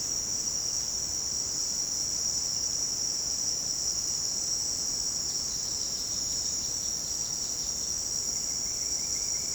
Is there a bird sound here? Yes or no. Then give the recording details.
yes. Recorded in secondary vegetation near Puerto Asís, Putumayo, Colombia, on 29 June 2025 at 07:30. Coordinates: 0.484, -76.319. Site G074